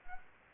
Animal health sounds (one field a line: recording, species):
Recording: mosquito wingbeat signal from an infrared sensor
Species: Anopheles arabiensis